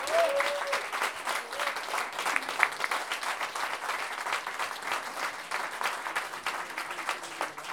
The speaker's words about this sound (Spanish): Por eso les pido, por favor, un grandísimo aplauso para ellos.